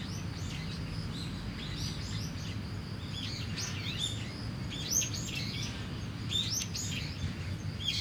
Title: Kiyosumi garden, Tokyo, Japon - Starling in a tree